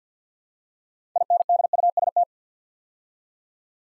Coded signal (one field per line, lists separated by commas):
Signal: Morse code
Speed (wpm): 50 wpm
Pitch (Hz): 700 Hz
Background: none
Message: INDUST